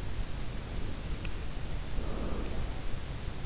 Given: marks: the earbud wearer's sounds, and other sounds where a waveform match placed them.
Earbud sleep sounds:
sounds in sleep by an in-ear microphone; breath
0.22-3.20 s: breath

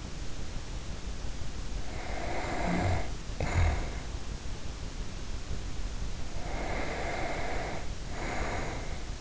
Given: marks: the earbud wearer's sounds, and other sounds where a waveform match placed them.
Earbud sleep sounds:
sounds in sleep by an in-ear microphone; snoring breath, breath
1.74-4.24 s: snoring breath
6.09-9.21 s: breath

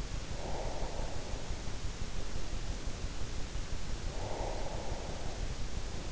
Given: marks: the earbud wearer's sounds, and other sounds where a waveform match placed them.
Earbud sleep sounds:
sounds in sleep by an in-ear microphone; breath
0.00-1.36 s: breath
4.07-5.46 s: breath

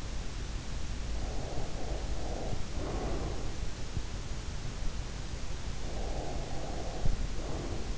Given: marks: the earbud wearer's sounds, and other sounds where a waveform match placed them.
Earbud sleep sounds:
sounds in sleep by an in-ear microphone; breath
1.27-3.66 s: breath
5.92-7.98 s: breath

